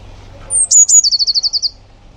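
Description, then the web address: Eurasian blue tit giving a call: two or three very high, thin descending notes, then a quick even trill of about ten lower buzzy notes, lasting just over a second. "cianscape. Deverinetal"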